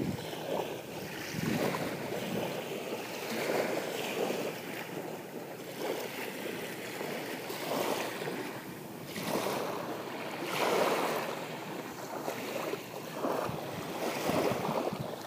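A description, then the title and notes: Waves wash against a shoreline in a steady, dense hiss, swelling in broad surges every couple of seconds, with stronger breaks near 8 and 11 seconds. Low rumble sits underneath, and wind or a boat motor may blend into the background. Shoreline Sounds at Fisherman's Cove by Michael Boezi.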